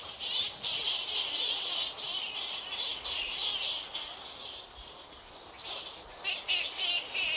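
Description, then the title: Bat colony squeaks, shrill overlapping chirps in waves, dipping briefly around five seconds before rising again. Many bats, Île Napoléon, Lake Kivu, Rwanda. "Ile Napoléon, lac Kivu, Rwanda - bats bats bats"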